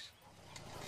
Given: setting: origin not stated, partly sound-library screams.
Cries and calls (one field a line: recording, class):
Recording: one-second piece from a danger detection set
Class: normal situation